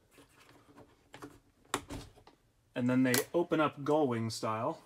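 A gull-wing window on the frame of a 2022 Valiant XTD Overland Squaredrop trailer is handled as it is opened, with faint knocks and rattles and a sharp tap near 1.7 s. Someone talks from about 2.8 s to the end. The window stay has not yet clicked into an open detent position, and nothing has seated yet.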